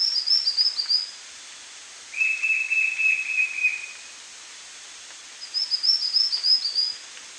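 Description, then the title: White-shouldered fire-eye song, a steady rapid series of whistled notes held for about two seconds, between higher, quicker twittering phrases at the start and end. "LuckyPassaro Completos2Sama. White-shouldered Fire-eye (Pyriglena leucoptera)"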